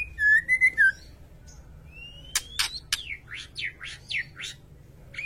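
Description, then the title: White-rumped shama song: a short run of rich whistled notes near the start, then a rising whistle and a string of sharp downslurred chips, with a faint low hum throughout. Masteran training track for cage birds; song described as full rolling and firing. "Masteran Murai Batu Full Ngerol Nembak"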